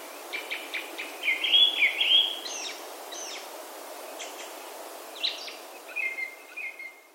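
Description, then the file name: Japanese thrush song: a bright, warbling whistled phrase early on, then scattered short chirps and a thin level whistle near the end. "kurotsu"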